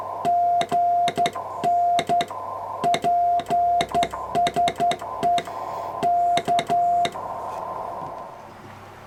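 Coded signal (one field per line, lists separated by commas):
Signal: Morse code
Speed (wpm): 11 wpm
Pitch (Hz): 700 Hz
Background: music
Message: GN PSE K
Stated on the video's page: Sent on a newly purchased handmade Morse key.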